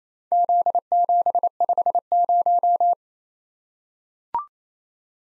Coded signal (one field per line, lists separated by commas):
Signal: Morse code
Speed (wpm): 29 wpm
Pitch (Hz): 700 Hz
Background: none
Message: Z750